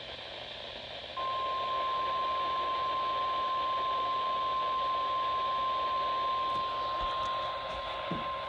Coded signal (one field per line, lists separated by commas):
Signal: Emergency Alert System (SAME) tones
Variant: 1050 Hz attention tone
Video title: Alerts just keep coming EAS# 145-157 7/28/20 - 7/29/20